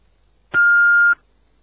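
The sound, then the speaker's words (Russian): A single steady electronic beep from an answering machine, a pure mid-high tone held for a little over half a second, starting and stopping abruptly against near silence. “Оставьте свое сообщение после сигнала.”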